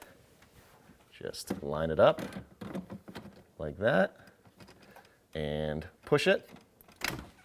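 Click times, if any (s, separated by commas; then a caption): none. A new plastic water filter cartridge is lined up with its keyway and pushed into the filter housing of a Frigidaire Gallery refrigerator, a PurePour Connect PWF-2 filter, while someone talks throughout. Short soft handling taps and scrapes come between the speech, with a brief sharp tap near the end. Nothing has seated or clicked yet.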